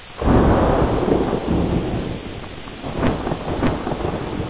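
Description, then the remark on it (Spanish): A deep rumble of thunder rolls in over steady, heavy rainfall, with a few sharp crackles of rain hitting a surface later on; no voices. “De noche y con lluvia fuerte, un hombre a media sierra pedía aventón empapado, parado en la carretera.”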